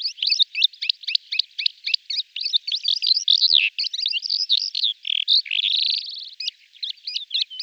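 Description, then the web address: Calandra lark singing a rapid, continuous jumble of chirps, trills and scratchy notes, opening with a run of quick repeated notes. "golosa passeriformes m calandra"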